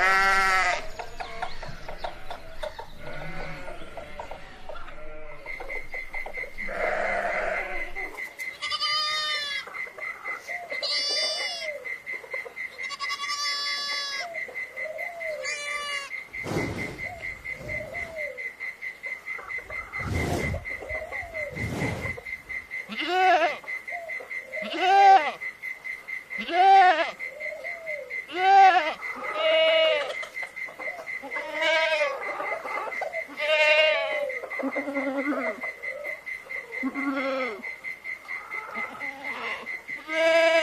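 Farm animals call repeatedly, mostly goat- or sheep-like bleats with wavering, stacked pitches, coming every second or two and louder near 25–30 seconds. A thin, steady high tone runs under most of the clip, and a few short low thumps occur around 17–22 seconds.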